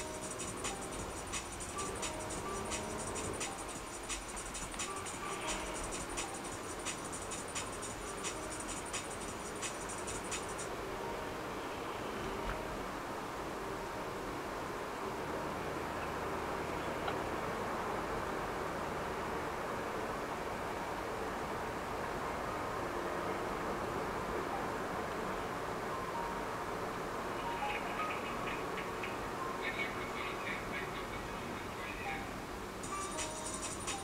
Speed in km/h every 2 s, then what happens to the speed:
28, 35, 37, 37, 37, 41, 46, 48, 53, 57, 57, 58, 58, 57, 53, 43, 35.
0-2 speeds up to 35. 2-8 steady at about 37. 8-20 speeds up to 57. 20-26 steady at about 57. 26-34 slows to 35.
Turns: none.